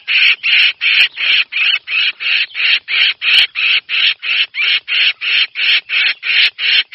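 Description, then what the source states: Red-whiskered bulbul rasping harsh, noisy notes in a rapid, regular rhythm, close to three per second without a break. Distress call; the bird is calling for help.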